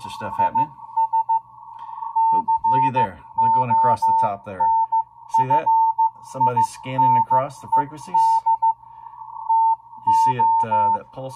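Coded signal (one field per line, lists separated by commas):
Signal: Morse code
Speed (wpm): 15 wpm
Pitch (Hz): 900 Hz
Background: speech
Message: IS CONFINED TO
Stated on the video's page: CW on the 40 m ham band received with an RTL-SDR on an inverted-L antenna.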